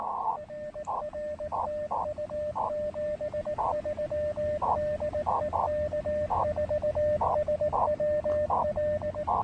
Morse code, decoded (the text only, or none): RR TU 73 DE K4SWL